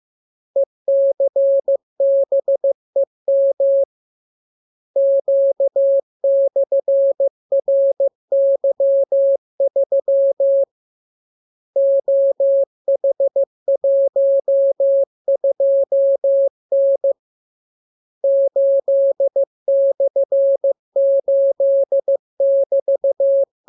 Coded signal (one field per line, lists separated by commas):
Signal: Morse code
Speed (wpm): 15 wpm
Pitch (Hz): 550 Hz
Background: none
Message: ECBEM Q/RY3 OH12N 8/8<BT>